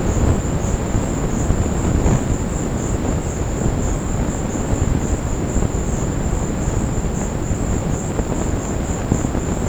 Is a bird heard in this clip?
no